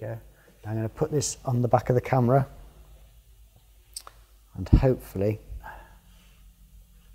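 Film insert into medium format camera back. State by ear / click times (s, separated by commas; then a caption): seated / 4.0 s, 4.1 s. A loaded film insert is put onto the back of a Mamiya RB67 medium format camera while someone talks. Two sharp clicks at 4.0 s and 4.1 s mark the insert locking into place, and it is seated.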